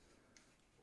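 While the rewind knob of a Leica M2/M3 camera is turned, a single short, sharp click sounds at 0.4 s over a steady low background hiss. The click marks the film leader pulling free of the take-up spool during rewind, so the film is released and ready to unload.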